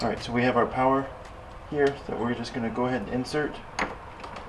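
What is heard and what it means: Someone talks while handling the wiring harness power connector of a new evaporator assembly on a Samsung refrigerator, lining it up to insert into its mating evaporator wiring plug. A short, sharp handling tap is heard at about 3.8 s between the speech. Nothing has seated or clicked yet; the connector is not home by the end.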